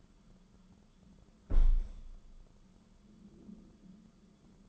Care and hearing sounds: daily activity, microphone in the room; close window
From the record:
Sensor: 5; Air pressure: 994.4 hPa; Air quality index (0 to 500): 186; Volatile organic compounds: 1000 ppm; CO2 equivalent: 5467 ppm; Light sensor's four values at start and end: 9/22/9/10 and 9/22/9/9

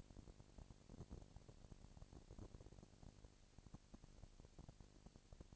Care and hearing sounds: daily activity, microphone in the room; no activity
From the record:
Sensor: 5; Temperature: 20.1 degrees Celsius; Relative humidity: 38.2%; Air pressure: 998.9 hPa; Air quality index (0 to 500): 218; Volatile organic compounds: 24 ppm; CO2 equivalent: 2805 ppm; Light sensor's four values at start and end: 2/3/1/1 and 2/3/1/1

